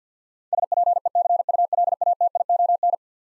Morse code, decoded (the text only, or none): SPECULATION